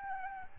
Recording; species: mosquito wingbeat signal from an infrared sensor; Aedes albopictus